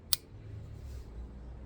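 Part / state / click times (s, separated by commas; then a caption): pocket knife blade into open position on backspring / seated / 0.1 s. The main blade of a Case Canoe John Deere slip-joint pocket knife is opened and snaps into the open position against the backspring. A single sharp, bright click sounds at 0.1 s, then only faint low background noise follows. The blade is fully open and seated.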